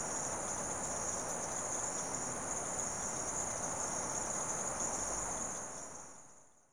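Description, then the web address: Insects keep up a continuous high-pitched chorus that fades away at the end, with a steady hiss underneath. Insects calling in the late evening in rural South America. "The BBC Sound Effects Library Rural South America Frogs And Insects, Late Evening"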